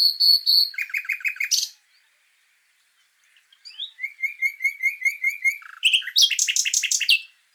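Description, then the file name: Common nightingale song: fast trilled notes, silence, then a series of repeated whistled slurs building into a loud buzzy rattling phrase. "Luscinia megarhynchos"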